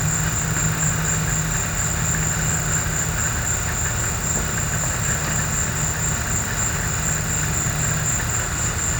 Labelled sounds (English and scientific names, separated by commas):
none